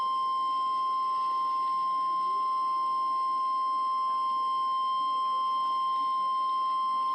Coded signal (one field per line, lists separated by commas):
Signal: Emergency Alert System (SAME) tones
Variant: 853 and 960 Hz attention tone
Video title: EAS Tornado Warning KTTS-FM Dade Green and Lawrence counties Missouri Sparc SHD-TX2